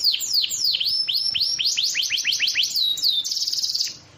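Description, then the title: Bird song with varied high chirps and down-swept whistles that speed into a quick run of notes and end in a buzzy, sustained trill. Described as a complete bird 'masteran' compilation. "Masteran burung terlengkap"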